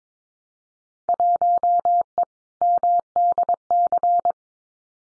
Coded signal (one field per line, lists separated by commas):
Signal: Morse code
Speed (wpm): 22 wpm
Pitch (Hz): 700 Hz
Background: none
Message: 1E MDC